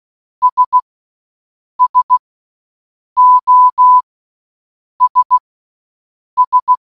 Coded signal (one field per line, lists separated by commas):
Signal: Morse code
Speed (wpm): 16 wpm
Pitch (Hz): 1000 Hz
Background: none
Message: S SOS S